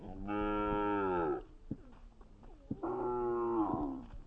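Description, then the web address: Cow mooing twice: a long, steady, harmonic low moo of about a second, a short pause with faint clicks, then a second similar moo. "sons vaches"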